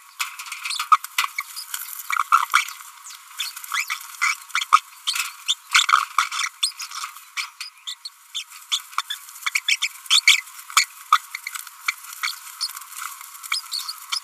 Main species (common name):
Green-rumped Parrotlet